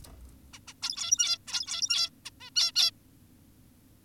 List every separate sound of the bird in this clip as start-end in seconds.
0.54-0.59, 0.68-0.74, 0.82-1.38, 1.48-2.10, 2.26-2.30, 2.41-2.50, 2.56-2.72, 2.76-2.91